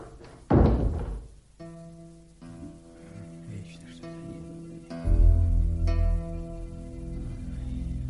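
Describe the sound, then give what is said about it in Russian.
A door shuts with one heavy, booming thud, then sustained low musical tones swell and hold, growing louder midway through. “А теперь пошел. И дверь закрой.”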